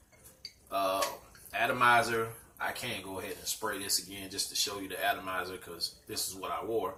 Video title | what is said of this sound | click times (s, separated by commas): Sculpture homme | does snap into place | 0.5 s